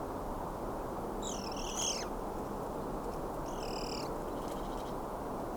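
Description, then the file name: Eurasian magpie giving two short, nasal, bending call notes a couple of seconds apart, against constant low-pitched background noise. "Pica pica"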